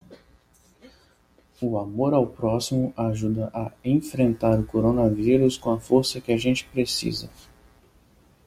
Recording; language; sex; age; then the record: spoken sentence; Brazilian Portuguese; male; 20 to 29 years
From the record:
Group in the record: control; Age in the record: 25 years